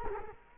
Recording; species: mosquito wingbeat signal from an infrared sensor; Culex quinquefasciatus